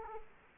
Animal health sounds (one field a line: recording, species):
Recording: mosquito wingbeat signal from an infrared sensor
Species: Culex quinquefasciatus